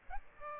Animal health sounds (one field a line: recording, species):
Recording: mosquito wingbeat signal from an infrared sensor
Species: Aedes aegypti